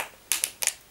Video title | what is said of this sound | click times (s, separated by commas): How to Remove, Clean & Replace KEYS on various different PC/Laptop Keyboards | there we go there we go okay so now that's clicked in fine | 0.3 s